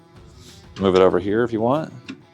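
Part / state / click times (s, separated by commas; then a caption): cargo divider into drawer panel slot / not seated / none. A small plastic cargo divider is handled and moved toward another slot in a drawer panel, where it twist-locks in sideways. Someone talks over quiet background music, with soft handling sounds. Nothing has seated or clicked yet.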